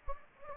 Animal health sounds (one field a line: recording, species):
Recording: mosquito wingbeat signal from an infrared sensor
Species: Anopheles gambiae